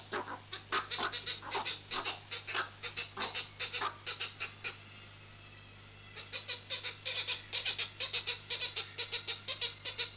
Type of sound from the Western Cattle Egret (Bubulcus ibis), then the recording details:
call. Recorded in captivity. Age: diverse. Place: Tierpark Berlin, Berlin, DE. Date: 2006-09-14 15:45. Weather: sonnig, 25°C. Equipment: Grundig CR 110, Sennheiser ME 80, Kopie Uher 4000 Report Monitor. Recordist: Tembrock, Günter